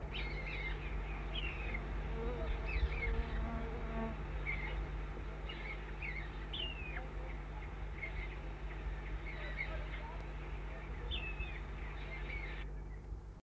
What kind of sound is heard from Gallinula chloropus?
call